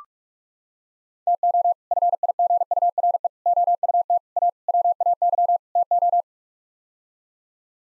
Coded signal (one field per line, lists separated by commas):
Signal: Morse code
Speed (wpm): 42 wpm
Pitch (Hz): 700 Hz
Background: none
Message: TO FIGURE OUT A WAY TO